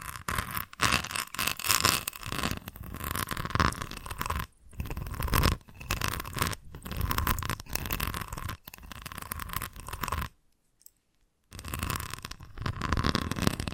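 Scratching and tracing strokes fill the clip, a dense, hissy rustle broken by short gaps and quick tapping-like cuts. The texture stays bright and rough throughout, pausing into near silence around ten seconds before the scratching resumes for the last couple of seconds.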